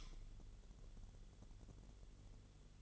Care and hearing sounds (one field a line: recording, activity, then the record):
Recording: daily activity, microphone in the room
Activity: light on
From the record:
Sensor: 4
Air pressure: 1008.7 hPa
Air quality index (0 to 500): 97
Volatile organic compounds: 1 ppm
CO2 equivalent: 730 ppm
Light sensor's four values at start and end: 11/25/10/9 and 12/28/11/10